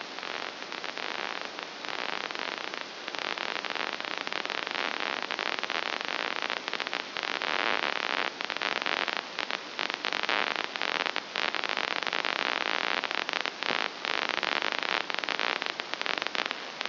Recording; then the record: brain microelectrode recording played as sound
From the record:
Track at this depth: outside the subthalamic nucleus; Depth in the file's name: 1.578 mm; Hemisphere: left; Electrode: 2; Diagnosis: Parkinson's disease